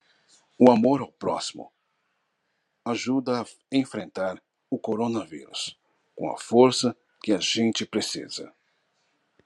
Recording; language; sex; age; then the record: spoken sentence; Brazilian Portuguese; male; 40 to 49 years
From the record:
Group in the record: control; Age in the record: 49 years